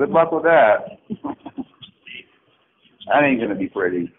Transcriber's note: audible laughter